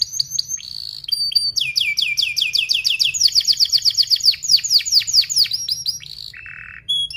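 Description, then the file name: Canary song: continuous fast repeated chirps sweeping downward in rolling series, ending in a low buzzy note and high whistles. Gacor singing canary with fast, tight, sharp rolling chirps (speed rapat, cuit-cuit, ngerol tajam). "Suara Kenari Gacor Speed Rapat Cuit Cuit Ngerol Tajam"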